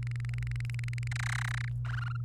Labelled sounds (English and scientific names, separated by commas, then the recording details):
Domestic Canary (Serinus canaria) song
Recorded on 28 April 2018 at 06:23
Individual llb3